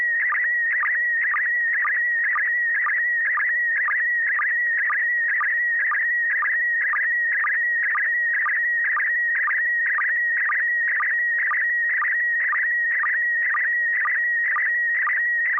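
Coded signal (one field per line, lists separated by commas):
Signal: SSTV (slow-scan television)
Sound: steady warbling whistle near 2 kHz, clicking down in pitch about twice a second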